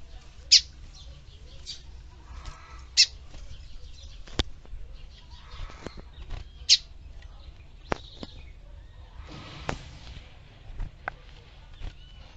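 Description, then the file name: Lined seedeater song: sharp high notes repeated irregularly every few seconds, mixed with brief clicks and faint chirps against a low, steady background hum. "canto do bigodinho"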